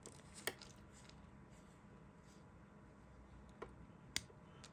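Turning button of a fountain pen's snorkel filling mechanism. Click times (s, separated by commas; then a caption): 4.2 s. The blind-end button of a vintage Sheaffer Snorkel Sentinel fountain pen is turned, with faint ticks near 0.5 s and 3.6 s. The snorkel filling mechanism releases with a small, sharp click at 4.2 s, and the snorkel tube extends from the section as it should.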